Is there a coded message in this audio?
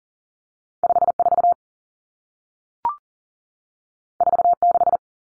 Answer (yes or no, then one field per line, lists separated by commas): yes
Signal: Morse code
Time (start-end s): 0.8-5.0 s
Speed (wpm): 40 wpm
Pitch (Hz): 700 Hz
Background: none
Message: 54 46